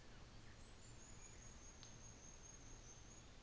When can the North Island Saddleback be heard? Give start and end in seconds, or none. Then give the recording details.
none. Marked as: faintness 3/5. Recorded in New Zealand on 24 December 2018. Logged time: 13:40